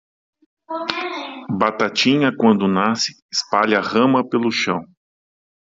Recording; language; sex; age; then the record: short text; Brazilian Portuguese; male; 40 to 49 years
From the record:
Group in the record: control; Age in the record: 48 years